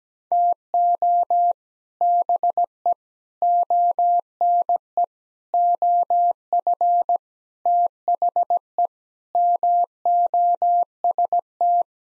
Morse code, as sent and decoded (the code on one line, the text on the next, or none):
- --- / -... . / --- -. . / --- ..-. / - .... . / -- --- ... -
TO BE ONE OF THE MOST